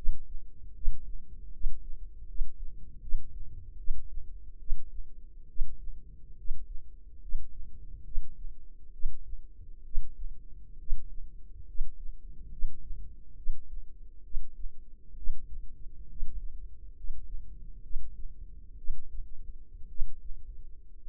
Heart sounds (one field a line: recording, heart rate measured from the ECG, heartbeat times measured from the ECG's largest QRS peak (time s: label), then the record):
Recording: heart sounds by microphone in the left ear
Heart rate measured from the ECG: 68 bpm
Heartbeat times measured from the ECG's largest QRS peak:
0.74 s: heartbeat
1.52 s: heartbeat
2.27 s: heartbeat
3.01 s: heartbeat
3.77 s: heartbeat
4.59 s: heartbeat
5.48 s: heartbeat
6.37 s: heartbeat
7.21 s: heartbeat
8.04 s: heartbeat
8.92 s: heartbeat
9.84 s: heartbeat
10.78 s: heartbeat
11.66 s: heartbeat
12.50 s: heartbeat
13.36 s: heartbeat
14.23 s: heartbeat
15.16 s: heartbeat
16.08 s: heartbeat
16.95 s: heartbeat
17.82 s: heartbeat
18.76 s: heartbeat
19.88 s: heartbeat
21.04 s: heartbeat
From the record:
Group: healthy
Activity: rest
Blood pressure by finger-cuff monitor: 106/49 mmHg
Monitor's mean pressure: 63 mmHg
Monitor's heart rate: 68 bpm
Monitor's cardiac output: 6.6 L/min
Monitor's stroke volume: 94 mL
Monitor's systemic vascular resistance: 660 dyn s/cm5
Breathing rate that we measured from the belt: 12 breaths a minute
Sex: male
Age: 25 years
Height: 170 cm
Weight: 70.4 kg